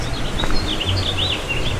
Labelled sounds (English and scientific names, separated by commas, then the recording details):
House Finch (Haemorhous mexicanus) song
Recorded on Long Island, New York, on 24 June 2012
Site SO
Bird A